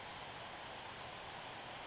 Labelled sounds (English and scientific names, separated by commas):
Western Flycatcher (Empidonax difficilis)